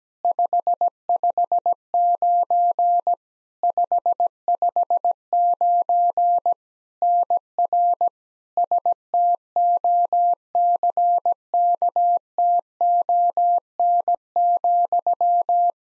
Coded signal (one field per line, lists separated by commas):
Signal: Morse code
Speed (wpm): 17 wpm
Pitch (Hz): 700 Hz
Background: none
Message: 559 559 NR STOCKTON,